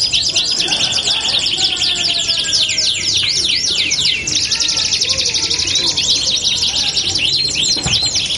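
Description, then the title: Belgian canary song, dense and high-pitched, with fast rolling trills and quick slurred notes overlapping without a break throughout. Belgian canary song used to warm up canaries and prompt them to answer and sing within seconds. "Canto Para Esquentar Canário Belga. LANGSUNG NYAUT. Pancingan suara kenari hitungan detik langsung ikut bunyi"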